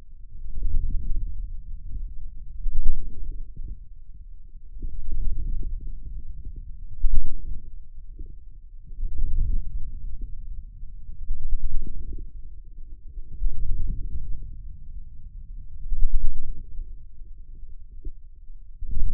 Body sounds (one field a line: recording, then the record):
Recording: forearm muscle sounds (acoustic myography)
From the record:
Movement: ulnar deviation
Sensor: system 2, bracelet of six BSWA MPA416 microphones around the upper forearm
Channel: 6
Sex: male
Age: 22 years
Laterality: right